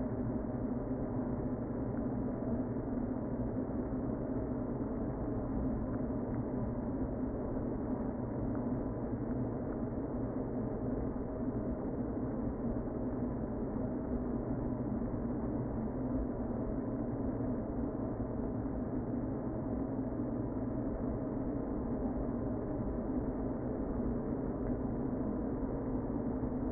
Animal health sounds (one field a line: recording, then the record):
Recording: honeybee colony, microphone inside the hive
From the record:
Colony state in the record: queen present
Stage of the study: before two queens were removed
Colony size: about 60,000 bees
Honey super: yes